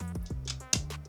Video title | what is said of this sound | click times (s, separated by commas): Raspberry Pi 5 AI HAT+ 2 - Unboxing, Setup, and HONEST REVIEW | That just clicks into place there. | 0.7 s